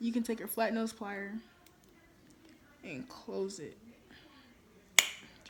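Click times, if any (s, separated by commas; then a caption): 5.0 s. Someone talks while a small metal jump ring on a charm bangle bracelet is squeezed shut with flat nose pliers until its ends meet. A sharp little snap is heard at 5.0 s as the ring closes onto the bangle, and the ring is then closed.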